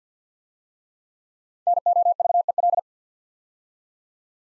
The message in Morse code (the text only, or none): NOVEL